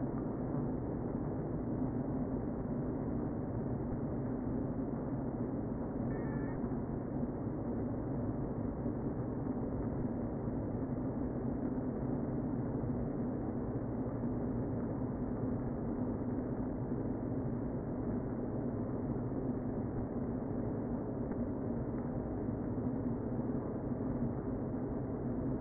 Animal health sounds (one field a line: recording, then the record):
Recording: honeybee colony, microphone inside the hive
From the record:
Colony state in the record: queen present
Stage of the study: before two queens were removed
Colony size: about 60,000 bees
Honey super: yes